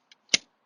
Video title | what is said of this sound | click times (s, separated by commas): 2013 Airstream Travel Trailer Walk through - RV's for Sale at Traveland RV | right there there you go and you'll see that you can click it into multiple positions now | 0.3 s